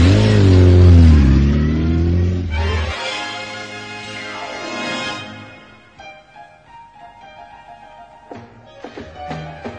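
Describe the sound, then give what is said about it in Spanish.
Toto's motorcycle engine revs hard, its throaty pitch climbing and dropping in loud surges before easing into a quieter, steadier hum with a few sputtering bursts at the end. “La moto del Toto.”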